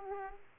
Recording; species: mosquito wingbeat signal from an infrared sensor; Aedes aegypti